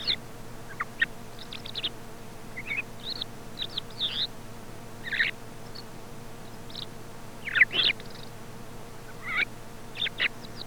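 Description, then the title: Thrush song of thin, high chirps and squeaky notes in short scattered clusters, over a constant low hum. Commercial lure recording sold in Càlig for use in parany bird trapping. "Canto Del Tordo"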